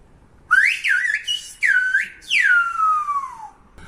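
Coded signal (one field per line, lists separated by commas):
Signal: whistled language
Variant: Silbo Gomero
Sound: a loud shrill whistle gliding up and down in several phrases, ending with long falling note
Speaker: The echo of the ravines allows Silbo Gomero to be heard up to 5 kilometers away.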